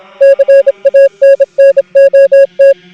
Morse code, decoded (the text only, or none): CANNOT